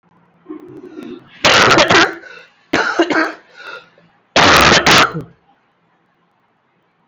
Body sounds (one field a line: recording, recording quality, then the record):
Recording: heavy voluntary cough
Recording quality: excellent, no background noise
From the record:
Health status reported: COVID-19 positive, mild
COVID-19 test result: positive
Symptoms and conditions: cough, cold, fever, fatigue, muscle pain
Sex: male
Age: 24 years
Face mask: not worn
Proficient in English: yes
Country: India